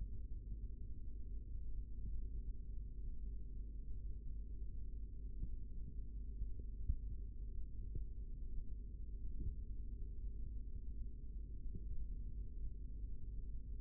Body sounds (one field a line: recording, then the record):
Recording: forearm muscle sounds (acoustic myography)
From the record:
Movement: rest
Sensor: system 3, bracelet of six PUI Audio POM-2738L microphones around the upper forearm, with dedicated amplification and filtering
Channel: 5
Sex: male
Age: 25 years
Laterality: right